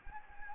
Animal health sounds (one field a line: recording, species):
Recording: mosquito wingbeat signal from an infrared sensor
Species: Anopheles gambiae